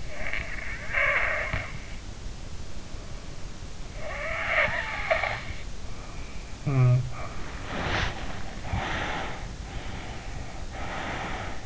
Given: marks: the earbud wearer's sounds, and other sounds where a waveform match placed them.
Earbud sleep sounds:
sounds in sleep by an in-ear microphone; snoring breath, body movement, breath
0.00-1.94 s: snoring breath
3.99-5.52 s: snoring breath
6.62-7.20 s: snoring breath
7.58-8.62 s: body movement
7.86-9.48 s: breath
9.65-11.66 s: breath

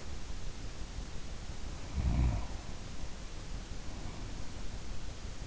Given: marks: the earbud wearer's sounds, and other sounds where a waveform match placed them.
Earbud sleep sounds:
sounds in sleep by an in-ear microphone; snoring breath
1.59-4.69 s: snoring breath

